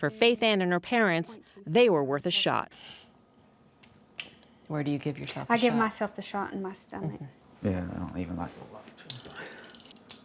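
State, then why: Seated. Someone talks while a plastic injector pen delivers her weekly injection into the stomach, with soft ratcheting mechanism sounds around 9.1–9.3 s. A sharp click at 10.1 s marks the end of the dose, meaning the dose is done.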